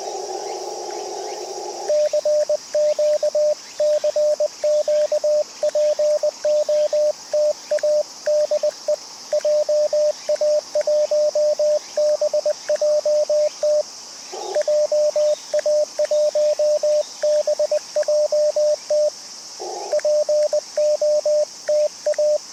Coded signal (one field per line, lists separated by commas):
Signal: Morse code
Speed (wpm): 20 wpm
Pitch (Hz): 590 Hz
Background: radio noise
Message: CQ CQ POTA DE JA1BJT JA1BJT POTA